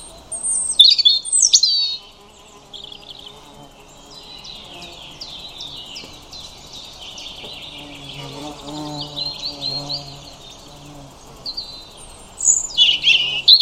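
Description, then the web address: European robin song: loud, rapid high twittering bursts open and close the recording, with quieter varied warbled phrases between them. "Deverinetal 2025 File origin Bird Only Er Ru"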